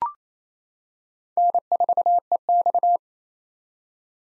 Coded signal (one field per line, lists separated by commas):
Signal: Morse code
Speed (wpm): 28 wpm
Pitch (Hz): 700 Hz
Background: none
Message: N4EX